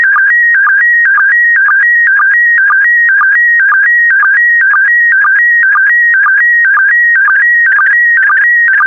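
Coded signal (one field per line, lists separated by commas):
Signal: SSTV (slow-scan television)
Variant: PD120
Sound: warbling tone shifting in pitch, with a short low blip about twice a second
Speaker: complete. You can now check your decoded image against the picture that is shown on the video.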